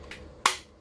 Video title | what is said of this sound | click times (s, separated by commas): DYSON V11 TOTAL CLEAN VACUUM FROM COSTCO GREAT VALUE | So now it's clicked in there and it shouldn't move. | 0.5 s